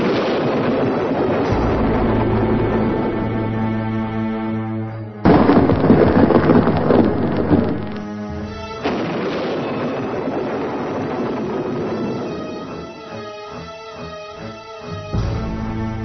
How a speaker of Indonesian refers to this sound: Tidak lama kemudian awan menyelimuti hutan. Kilatan petir keras menyambar dan hujan pun segera turun.